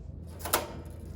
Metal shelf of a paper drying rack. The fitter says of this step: I hear it click and I let go.